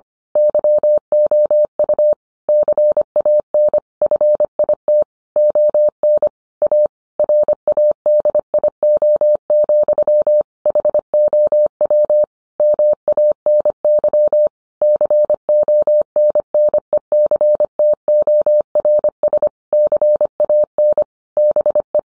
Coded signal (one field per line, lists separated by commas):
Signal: Morse code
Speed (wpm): 25 wpm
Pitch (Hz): 600 Hz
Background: none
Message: YOU CAN FIT ON A RADIO, HOW MANY CONNECTORS CAN BE